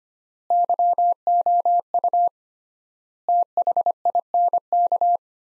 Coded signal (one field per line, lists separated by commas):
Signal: Morse code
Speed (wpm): 25 wpm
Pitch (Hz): 700 Hz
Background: none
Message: YOU THINK